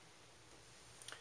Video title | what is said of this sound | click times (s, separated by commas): SeaLife DC800/DC1000 O-ring Care Instructions | the moisture muncher should click or snap into place | 1.0 s, 1.1 s